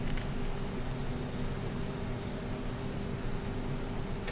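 A graphics card is slowly lined up with a motherboard's PCIe x16 slot, its retention pin pushed down, with the computer out of the case. Quiet handling noises sit over a steady hum, with brief taps near 0.2 and 4.3 seconds. Nothing has seated or clicked yet.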